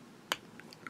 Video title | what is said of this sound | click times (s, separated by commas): Pastel Fountain Pens Review | get a little click it went into there so now | 0.3 s